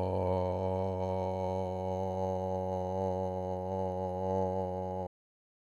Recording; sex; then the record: sustained vowel /o/; male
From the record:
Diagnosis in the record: Parkinson's disease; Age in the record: 65 years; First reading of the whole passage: 52 s, 9.9 characters per second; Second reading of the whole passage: 50 s, 10.3 characters per second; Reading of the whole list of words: 40 s, 7.0 characters per second